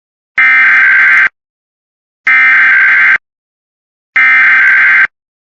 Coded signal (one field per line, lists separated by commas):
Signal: Emergency Alert System (SAME) tones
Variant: header bursts